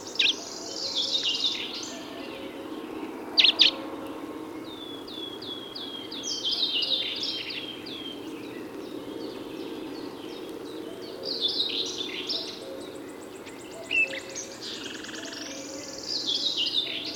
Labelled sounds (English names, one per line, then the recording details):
Marsh Warbler song
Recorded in the wild
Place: Glowe, Insel Rügen, Mecklenburg-Vorpommern, DE
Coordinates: 54.574, 13.433
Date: 1977-06-03 08:00
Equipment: Nagra III BH, Sennheiser MD 21, parabola
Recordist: Schubert, Michael
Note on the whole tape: Gesang Sumpfrohrsänger mit zahlreichen, unglaublich guten Imitationen